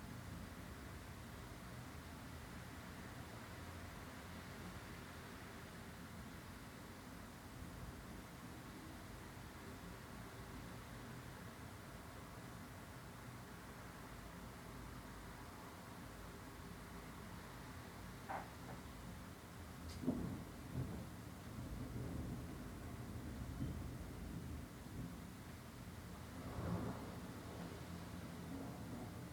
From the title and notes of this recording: Dozing through thunder and rain, Tulse Hill, London, UK. The stormy weather rolled in around South London. My room is situated within a block of flats.